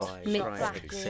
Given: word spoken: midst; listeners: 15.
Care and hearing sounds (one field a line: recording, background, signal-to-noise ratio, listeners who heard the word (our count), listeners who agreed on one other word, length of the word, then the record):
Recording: one English word in noise, from a listening test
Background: four-talker babble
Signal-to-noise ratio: 0.1 dB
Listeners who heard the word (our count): 3 of 15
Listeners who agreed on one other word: 8 of 15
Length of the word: 0.70 s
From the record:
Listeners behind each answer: 8, 3, 2, 1, 1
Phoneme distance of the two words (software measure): 10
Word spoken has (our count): 1 syllable, 5 phonemes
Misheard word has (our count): 1 syllable, 5 phonemes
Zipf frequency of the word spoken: 3.59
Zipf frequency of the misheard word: 4.54